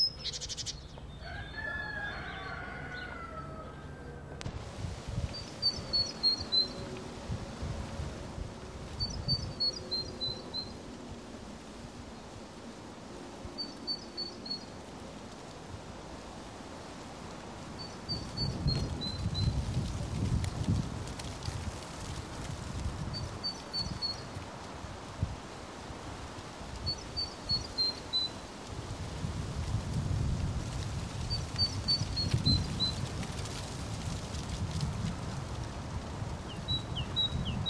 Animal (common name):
Great Tit